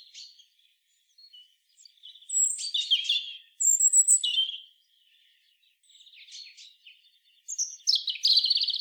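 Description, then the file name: European robin song: several high, varied phrases of silvery warbles and trills separated by brief gaps, with quieter twittering between the louder bursts. "Erithacus rubecula"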